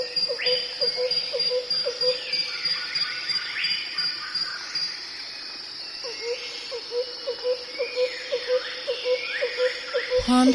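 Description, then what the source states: Bird calls: a low hooting note repeated in a series, pausing midway, with scattered whistles and chirps above and a continuous high insect buzz. Birds recorded in a jungle.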